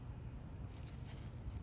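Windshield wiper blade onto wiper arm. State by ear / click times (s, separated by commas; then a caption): not seated / none. An OEM windshield wiper blade insert for a 2010-2013 Acura ZDX is handled and pressed down onto the wiper arm, with its tab holding against the arm, before the retaining clip snaps home. Only a steady, low, rumbling background noise with faint hiss is heard, with no distinct click. Nothing has seated or clicked yet.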